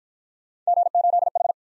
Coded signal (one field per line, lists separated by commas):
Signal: Morse code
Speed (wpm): 49 wpm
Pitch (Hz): 700 Hz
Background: none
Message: G8H